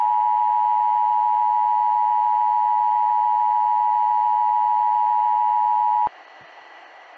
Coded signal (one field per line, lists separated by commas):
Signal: Emergency Alert System (SAME) tones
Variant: 853 and 960 Hz attention tone